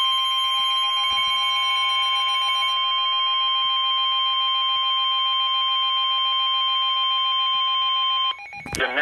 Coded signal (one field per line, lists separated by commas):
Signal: Emergency Alert System (SAME) tones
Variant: 1050 Hz attention tone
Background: speech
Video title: Severe Thunderstorm Warning #2 (EAS #129)